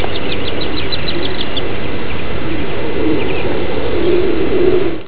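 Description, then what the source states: Howler monkey howls, a low droning roar that swells and strengthens toward the end, with high chirping birds calling over it early on. Venezuela, 2005.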